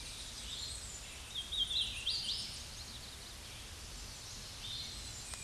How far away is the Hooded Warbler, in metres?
about 75 m